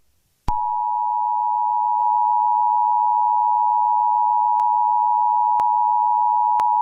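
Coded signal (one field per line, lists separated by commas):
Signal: Emergency Alert System (SAME) tones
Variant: 853 and 960 Hz attention tone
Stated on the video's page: Fictional EAS scenario based on SCP-001, a horror recreation.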